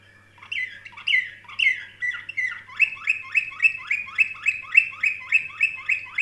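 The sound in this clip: Canary singing a series of bright slurred notes that becomes faster, louder and more regular toward the end, over a faint low hum.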